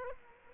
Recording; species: mosquito wingbeat signal from an infrared sensor; Aedes aegypti